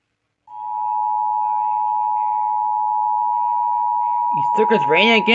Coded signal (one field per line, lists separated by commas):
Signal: Emergency Alert System (SAME) tones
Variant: 853 and 960 Hz attention tone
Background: speech